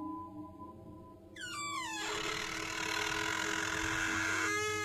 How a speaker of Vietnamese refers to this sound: Có tiếng cánh cửa rít lên kẽo ca kẽo kẹt trong đêm, nghe đến rợn cả người, làm cho thằng Cẩn vẫn còn đang thở hồng hộc mà cũng rùng cả mình.